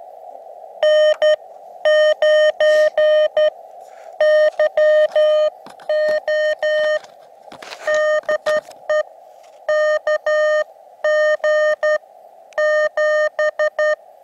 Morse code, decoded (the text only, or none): N9YO DE KG7